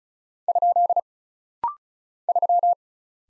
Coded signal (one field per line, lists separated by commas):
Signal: Morse code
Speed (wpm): 35 wpm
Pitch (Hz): 700 Hz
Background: none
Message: ? 3